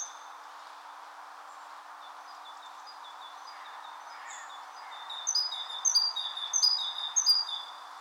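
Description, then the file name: Great tit calling: mostly quiet hiss at first, then a quick run of repeated high, clipped notes in paired phrases during the final three seconds. "Parus major"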